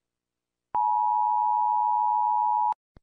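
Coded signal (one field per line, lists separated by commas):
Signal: Emergency Alert System (SAME) tones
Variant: 853 and 960 Hz attention tone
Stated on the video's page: Sound effect of US EAS alarm, not a real broadcast.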